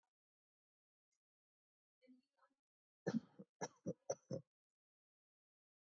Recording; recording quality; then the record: shallow voluntary cough; excellent, no background noise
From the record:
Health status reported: healthy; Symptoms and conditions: none ticked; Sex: male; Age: 33 years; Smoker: not ticked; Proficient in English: yes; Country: India